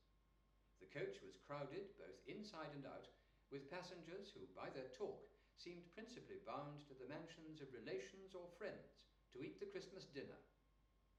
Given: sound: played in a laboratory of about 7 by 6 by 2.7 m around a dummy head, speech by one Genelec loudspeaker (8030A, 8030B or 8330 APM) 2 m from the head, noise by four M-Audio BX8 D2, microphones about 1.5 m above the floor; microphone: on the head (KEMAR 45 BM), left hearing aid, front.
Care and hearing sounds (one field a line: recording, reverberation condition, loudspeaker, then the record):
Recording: male speech in English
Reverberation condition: medium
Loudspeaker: 60 degrees to the left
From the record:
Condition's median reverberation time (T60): about 510 ms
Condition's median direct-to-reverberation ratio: about -0.5 dB